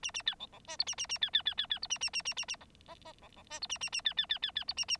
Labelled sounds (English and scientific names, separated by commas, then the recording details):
Bengalese Finch (Lonchura striata domestica) song
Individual Bird9